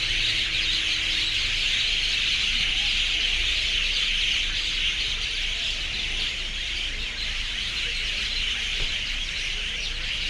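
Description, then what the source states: Birds screeching together in a massed, continuous shrill chorus. Urban city ambience; birds screaming, described as extreme.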